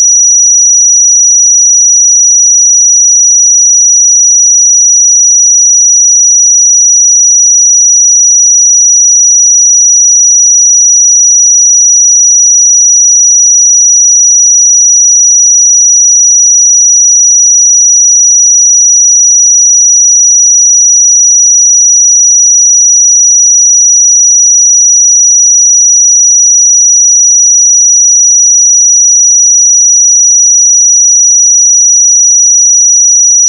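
A pure, high 5837 Hz sine tone holds perfectly steady at one pitch and level for the whole clip, with silence beneath it.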